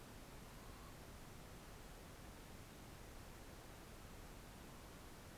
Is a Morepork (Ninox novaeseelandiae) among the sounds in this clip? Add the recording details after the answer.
yes. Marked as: faintness 5/5. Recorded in New Zealand on 4 June 2017. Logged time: 21:16. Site Taranaki